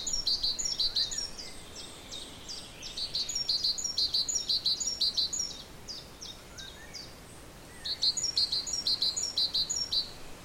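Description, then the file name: Great tit singing bright, high two-note phrases repeated rapidly in bursts with short pauses, among other thin chirping notes. "Parus major"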